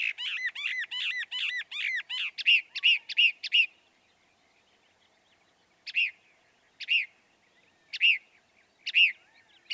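Northern mockingbird singing a quick series of repeated arched notes, then falling silent before four sharp, spaced calls about a second apart.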